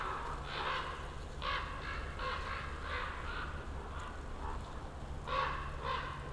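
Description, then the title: Common raven calls, a steady sequence of deep, rasping croaks. Ravens circling for over ten minutes above a mountain slope, heard from among young beeches, Patnik, Goworów, Poland, New Year's walk; Zoom F4, AT BP4025. "Patnik mountain side, Goworów, Poland - Circling ravens"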